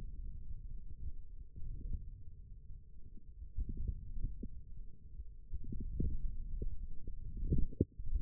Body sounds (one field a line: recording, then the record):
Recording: forearm muscle sounds (acoustic myography)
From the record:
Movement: hand closing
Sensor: system 1, eight BSWA MPA416 microphones around the upper forearm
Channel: 2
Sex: male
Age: 20 years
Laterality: left